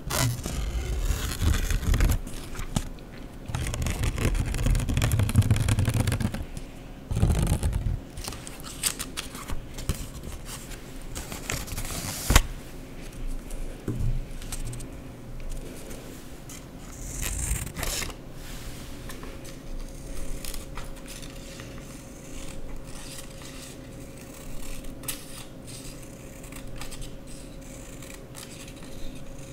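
Paper being cut with scissors and torn or crumpled, heaviest in the first eight seconds with dense rustling and a low rumble. After that come scattered, short snips and crinkles at irregular intervals, with a sharp crack near twelve seconds and quieter handling afterward.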